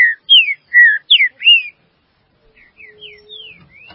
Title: Trinca Ferro